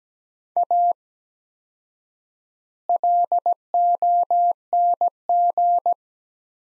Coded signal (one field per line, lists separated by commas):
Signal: Morse code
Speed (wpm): 17 wpm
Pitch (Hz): 700 Hz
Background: none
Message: A LONG